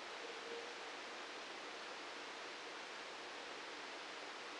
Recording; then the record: brain microelectrode recording played as sound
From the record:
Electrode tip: outside the subthalamic nucleus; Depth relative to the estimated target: -4 mm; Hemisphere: right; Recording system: NeuroSet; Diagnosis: Parkinson's disease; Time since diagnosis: 9 years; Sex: male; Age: 61 years